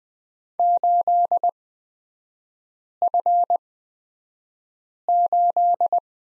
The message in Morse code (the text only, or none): 8F8